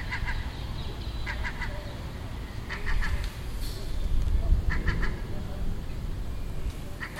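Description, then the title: Gull chattering in fast groups of two or three short notes, repeated several times throughout, over heavy low-frequency background noise. Nesting gull on the roof next door in Den Haag, Netherlands, June 18th 2017, making these sounds all day for a week. "Seagull Chatter (Den Haag"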